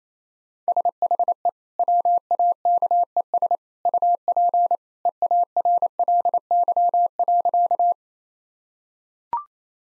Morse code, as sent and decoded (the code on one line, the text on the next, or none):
... .... . / .-- .- -.- . ... / ..- .--. / . .- .-. .-.. -.-- .-.-.-
SHE WAKES UP EARLY.